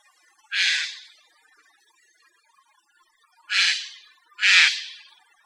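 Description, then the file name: Eurasian jay uttering hoarse, grating screams: one burst, a long pause, then two more in quick succession. "Garrulus glandarius"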